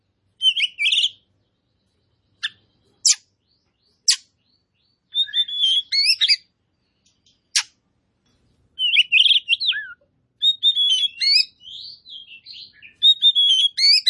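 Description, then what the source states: Oriental magpie-robin song: bursts of loud, varied whistles and buzzy, scratchy phrases between sharp clicking notes, with short silent gaps. Kacer poci form, described as gacor (singing persistently).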